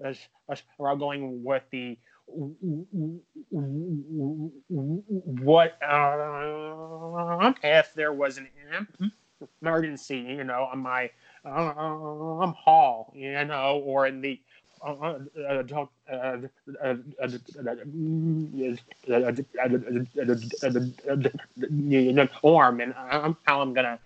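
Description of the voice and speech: An adult man speaks haltingly with prolonged sounds, long silent blocks of several seconds mid-phrase, and a broken word restarted after a pause. This pattern of prolongations and blocks is typical of stuttering, heard here as its vocal component.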